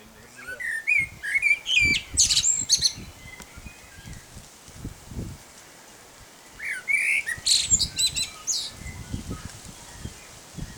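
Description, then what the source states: Common blackbird warbling two fluty phrases that finish in shrill squeaky flourishes, separated by a pause; soft low rumbling noises run through the background. Male singing.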